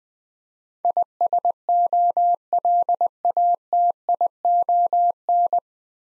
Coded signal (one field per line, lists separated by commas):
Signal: Morse code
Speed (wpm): 21 wpm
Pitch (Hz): 700 Hz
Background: none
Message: ISOLATION